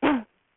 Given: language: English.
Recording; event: throat vibration sensor signal played as sound; cough